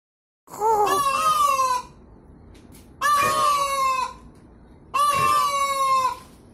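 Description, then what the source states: Peafowl calling three times, each loud braying call about a second long with a slightly falling tone, repeated every two seconds. Female peafowl (peahen) calling.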